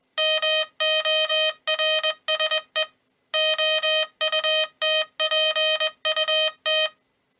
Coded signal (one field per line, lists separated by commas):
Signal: Morse code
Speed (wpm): 21 wpm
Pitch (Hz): 3100 Hz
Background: music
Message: MORSE OUTPUT